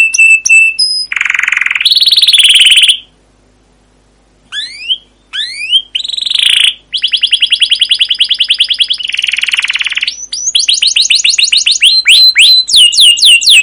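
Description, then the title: Canary song: whistled and buzzy phrases, a short silence, rising chirps, then long rapid trills and sweeping repeated notes. Canary song used as a lure (pancingan) for training other canaries; described as gacor, long rolling song (ngerol) with cuit cuit notes. "CUIT CUIT NGEROL LANGSUNG GACOR PANJANG Kenari Ini AMPUH Utk Pancingan KENAR. Masteran Suara Burung Kenari Gacor Panjang cuit cuit Ngerol untuk Pancingan Kenari!"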